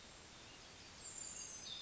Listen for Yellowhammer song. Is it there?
no